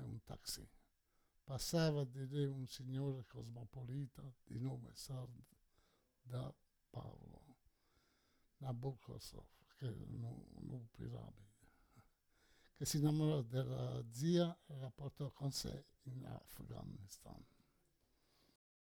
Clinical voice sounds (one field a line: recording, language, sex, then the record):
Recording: read passage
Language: Italian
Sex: male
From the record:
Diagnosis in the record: Parkinson's disease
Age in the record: 68 years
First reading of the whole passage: 84 s, 6.2 characters per second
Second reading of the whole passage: 63 s, 8.2 characters per second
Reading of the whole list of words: 57 s, 5.0 characters per second